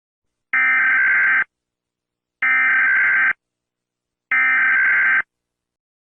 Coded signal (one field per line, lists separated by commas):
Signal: Emergency Alert System (SAME) tones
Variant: header bursts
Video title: EAS Mock: Tornado Warning For Union And Chester Counties In South Carolina 11/30/16